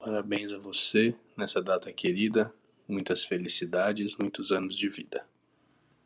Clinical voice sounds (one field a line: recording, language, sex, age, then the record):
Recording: short text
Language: Brazilian Portuguese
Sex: male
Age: 30 to 39 years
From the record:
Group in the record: control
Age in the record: 39 years